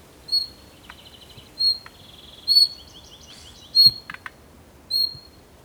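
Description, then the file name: Bird song of bright high whistled notes repeated roughly every one and a quarter seconds, with thin rapid trills and a brief chattering phrase between them. "PAJAROS"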